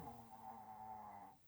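A single drawn-out, steady, pitched snoring sound lasts about a second and a quarter, then fades. It has a buzzing, slightly whistling tone, typical of a dog, Tucker, snoring while asleep in a quiet indoor room.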